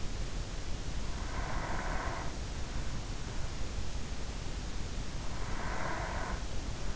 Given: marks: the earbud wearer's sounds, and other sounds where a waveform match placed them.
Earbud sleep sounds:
sounds in sleep by an in-ear microphone; breath
1.23-2.77 s: breath
5.13-6.96 s: breath

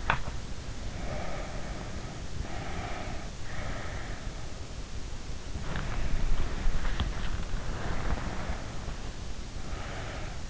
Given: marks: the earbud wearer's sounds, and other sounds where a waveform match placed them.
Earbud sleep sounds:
sounds in sleep by an in-ear microphone; teeth grinding, breath, body movement
0.09-0.47 s: teeth grinding
0.78-2.27 s: breath
2.41-4.28 s: breath
5.51-9.30 s: body movement
7.67-10.50 s: breath

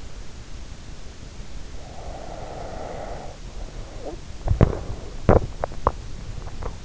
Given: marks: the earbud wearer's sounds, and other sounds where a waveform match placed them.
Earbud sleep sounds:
sounds in sleep by an in-ear microphone; breath, teeth grinding
1.80-4.25 s: breath
4.37-6.84 s: teeth grinding

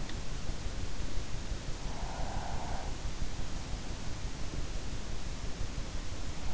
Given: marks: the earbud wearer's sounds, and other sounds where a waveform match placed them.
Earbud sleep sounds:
sounds in sleep by an in-ear microphone; breath
1.55-3.66 s: breath

